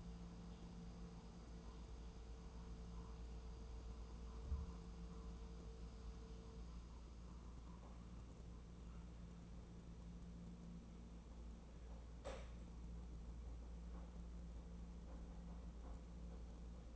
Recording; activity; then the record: daily activity, microphone in the room; make coffee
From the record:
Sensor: 1